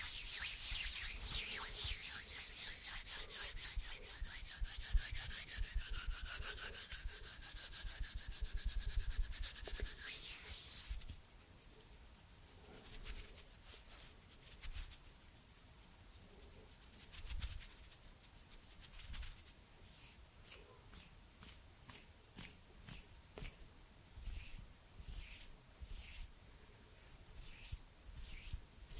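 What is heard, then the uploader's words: Hand sounds: about ten seconds of dense, bright rubbing, then quieter, slower strokes and soft brushing movements. ASMR HAND SOUNDS NO TALKING. Cozy hand sounds and movements.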